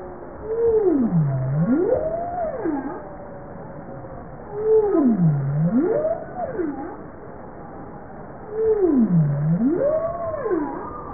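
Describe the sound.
Bowhead whale calls, each a U-shaped tonal moan dropping low then sweeping back up, given three times about every four seconds.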